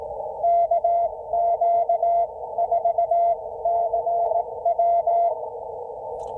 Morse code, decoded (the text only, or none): KQ4CW